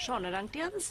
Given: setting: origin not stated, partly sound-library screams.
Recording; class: one-second piece from a danger detection set; normal situation